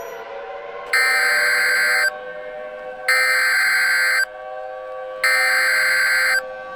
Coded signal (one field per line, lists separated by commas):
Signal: Emergency Alert System (SAME) tones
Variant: header bursts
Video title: COASTAL ERASING (EAS Scenario)